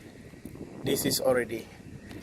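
Someone talks while handling the oil filler cap on the engine valve cover of a Honda after an oil change. This cap does not click; it just locks. It has not locked home yet and nothing has seated.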